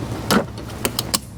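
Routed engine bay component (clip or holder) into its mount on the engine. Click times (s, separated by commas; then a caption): 1.2 s. During spark plug work on the inline-6 engine of a CX-90, an engine bay part (a clip or holder) is routed around an obstruction and pulled forward into its mount on the engine. A broad rustle at 0.3 s is followed by sharp clicks near 0.9 s and 1.0 s, then a final crisp snap at 1.2 s as the part pops into place and seats.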